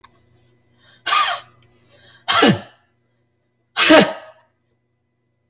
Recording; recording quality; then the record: shallow voluntary cough; moderate, slight background noise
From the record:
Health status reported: healthy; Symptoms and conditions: cold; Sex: male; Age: 45 years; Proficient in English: yes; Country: United States